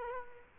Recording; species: mosquito wingbeat signal from an infrared sensor; Culex quinquefasciatus